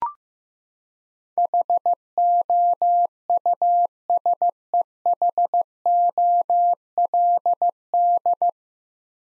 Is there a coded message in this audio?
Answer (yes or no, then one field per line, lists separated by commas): yes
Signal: Morse code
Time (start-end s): 1.4-8.5 s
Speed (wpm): 15 wpm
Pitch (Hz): 700 Hz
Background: none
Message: HOUSEHOLD